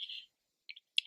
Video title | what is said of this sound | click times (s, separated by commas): How to Replace a Fitbit Surge Band | So this band it'll slide on in, it'll click into place. | 0.7 s, 1.0 s